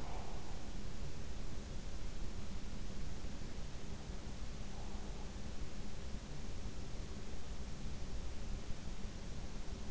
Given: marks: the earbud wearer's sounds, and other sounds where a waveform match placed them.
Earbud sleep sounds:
sounds in sleep by an in-ear microphone; breath
0.00-0.48 s: breath

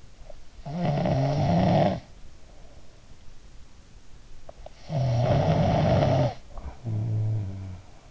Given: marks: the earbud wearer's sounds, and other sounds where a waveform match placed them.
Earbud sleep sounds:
sounds in sleep by an in-ear microphone; snoring breath
0.65-2.11 s: snoring breath
4.51-8.11 s: snoring breath

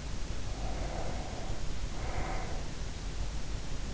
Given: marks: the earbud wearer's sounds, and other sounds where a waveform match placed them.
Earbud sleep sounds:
sounds in sleep by an in-ear microphone; breath
0.23-3.08 s: breath

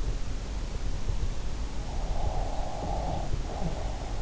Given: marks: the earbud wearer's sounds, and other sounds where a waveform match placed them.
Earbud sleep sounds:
sounds in sleep by an in-ear microphone; breath
2.24-4.09 s: breath

